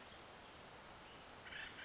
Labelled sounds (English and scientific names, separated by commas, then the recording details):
Western Flycatcher (Empidonax difficilis)
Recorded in Sonoma County, California